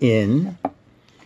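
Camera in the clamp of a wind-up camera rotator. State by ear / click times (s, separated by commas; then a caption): not seated / none. A camera is being handled in the clamp of a wind-up camera rotator, with the rear adjustment pushed so the camera will lock in. Someone talks, then there is a short knock around 0.6 s and a faint tick near 1.1 s. Nothing has seated or clicked yet.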